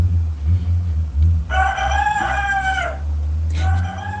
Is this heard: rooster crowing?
yes